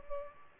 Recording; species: mosquito wingbeat signal from an infrared sensor; Culex pipiens